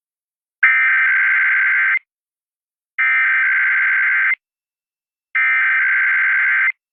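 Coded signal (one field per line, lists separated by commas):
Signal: Emergency Alert System (SAME) tones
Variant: header bursts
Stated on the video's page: Automated weekly tests from broadcast stations.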